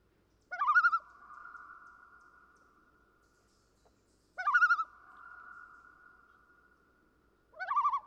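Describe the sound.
Common loon, three wavering laugh-like bursts spaced roughly every three and a half seconds, each fading through a long steady hum of tone.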